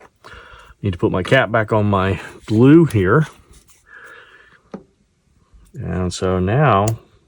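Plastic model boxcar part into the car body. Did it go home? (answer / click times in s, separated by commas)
no / none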